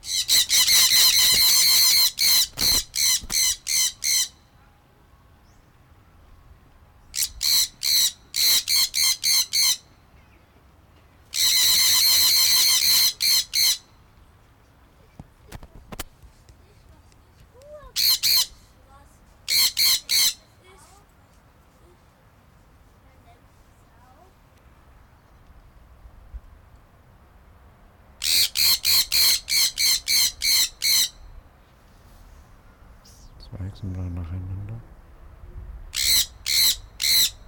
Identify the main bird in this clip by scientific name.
Aratinga solstitialis